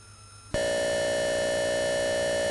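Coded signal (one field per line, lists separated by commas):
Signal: computer data on cassette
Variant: Atari 8-bit cassette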